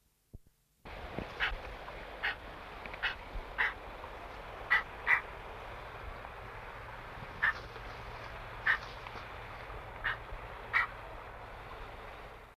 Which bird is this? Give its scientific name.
Pelecanus occidentalis